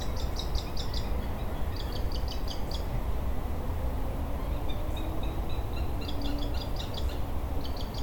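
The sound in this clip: Levant sparrowhawk calls: quick bursts of sharp, high, clipped notes, four or five at a time, repeated several times, over a constant deep rumbling background noise.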